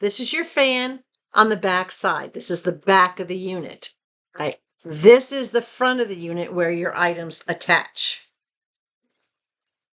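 A plastic attachment is being handled at the front of a small handheld mini vacuum unit, where attachments snap into place and twist to lock, while someone talks throughout. Only speech is heard, with short pauses and no distinct click, and nothing has seated or clicked yet.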